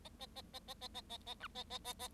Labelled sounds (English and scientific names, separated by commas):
Bengalese Finch (Lonchura striata domestica) song